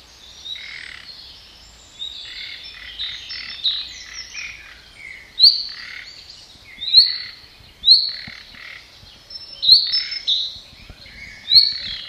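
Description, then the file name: Common nightingale singing varied phrases of sharp rising whistles, chirps and short trills, with louder bursts roughly every one to two seconds. "Luscinia megarhynchos"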